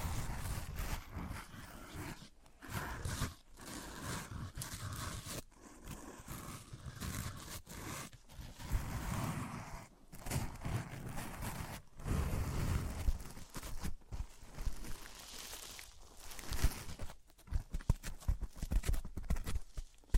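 Objects of different materials, wood, cork, sponge, foam, glass and plastic, are knocked and handled in quick succession. The hollow taps and scrapes come in dense bursts with brief silent breaks every second or two, and a few louder thuds stand out near the middle.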